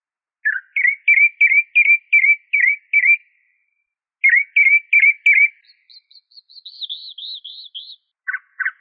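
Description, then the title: Bird song: two strings of downslurred whistled notes about three per second with a pause between, then a thin high warbling series and two low clipped notes. "LuckyPassaros CompletosSama"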